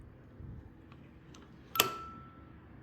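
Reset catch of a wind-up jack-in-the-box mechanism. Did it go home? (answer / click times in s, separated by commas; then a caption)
yes / 1.8 s. The crank handle of a handmade revolving jack-in-the-box is wound, producing faint ticks at about 0.9 and 1.4 seconds over a low rumble. At 1.8 seconds the mechanism's reset catch snaps with a loud, sharp click that leaves a short ringing tone fading out by about 2.6 seconds. The wind-up mechanism has reset.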